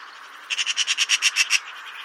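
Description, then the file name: Eurasian magpie uttering a single harsh rattle of several evenly spaced, grating notes lasting about one second. "Pica pica"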